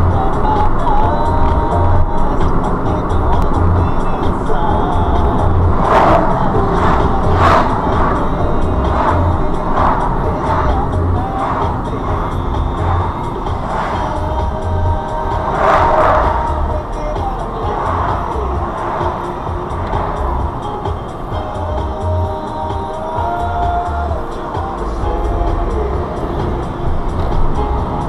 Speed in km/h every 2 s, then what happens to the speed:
64, 63, 60, 55, 47, 37, 23, 19, 19, 21, 10, 0, 0, 18.
0-13 slows to 19. 13-19 steady at about 19. 19-22 brakes to 0. 22-25 standing. 25-28 pulls away to 18.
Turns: none.